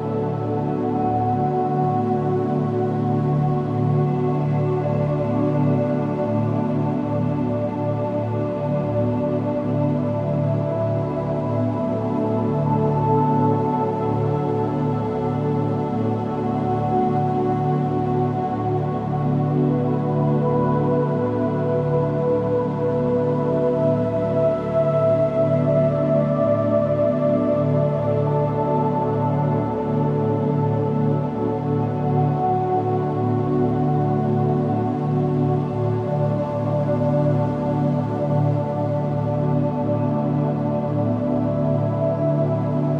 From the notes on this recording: soothing binaural beats alpha state ambient sound